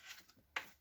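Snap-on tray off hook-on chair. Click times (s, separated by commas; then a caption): 0.6 s. The plastic snap-on tray of a Chicco FastLock 360 hook-on chair is held by its two tabs and pulled off the chair, and it comes off easily. After faint rustling, it unsnaps with one sharp click at 0.6 s, and the tray is released.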